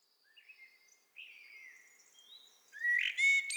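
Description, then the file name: Common blackbird song: soft drawn-out whistles at first, then a louder fluted phrase ending in sharp high squeaky notes. "Turdus merula"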